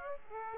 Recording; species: mosquito wingbeat signal from an infrared sensor; Aedes aegypti